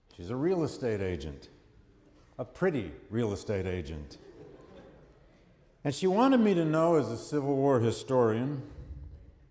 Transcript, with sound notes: She’s a real estate agent, a pretty real estate agent. [Laughter] And she wanted me to know as a Civil War historian